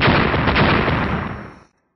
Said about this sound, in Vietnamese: Hai tiếng nổ mạnh liên tiếp vang lên. Mặt ngoài trọng thủy chân luân lập tức bộc phát ra mảng lớn tia lửa màu đen.